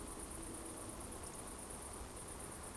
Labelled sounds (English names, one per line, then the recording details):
Eurasian Woodcock whistle
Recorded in Baden-Württemberg, Germany, on 25 June 2020 at 20:38 UTC
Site 14569, 102 m above sea level